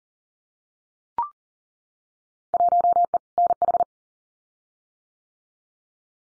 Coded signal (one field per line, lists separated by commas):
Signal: Morse code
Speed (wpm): 40 wpm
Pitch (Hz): 700 Hz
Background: none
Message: 1E NH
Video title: Field Day Exchange 40wpm